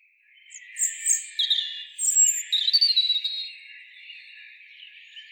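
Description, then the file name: European robin giving one short, high song phrase of thin whistles and a brief rattling trill, trailing off into quiet. "Erithacus rubecula"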